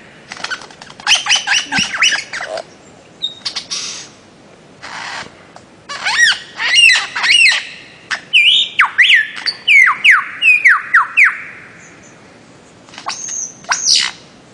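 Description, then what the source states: Bird-of-paradise song with quick repeated sweeping notes in bursts, a run of descending whistled phrases in the middle, and a few high chirps near the end. Master song for training songbirds.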